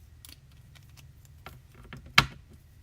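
A plastic cap is pressed back onto an alcohol blending marker while colouring a card. Faint handling taps come first, then a sharp click at 2.2 s, and the cap is confirmed clicked shut.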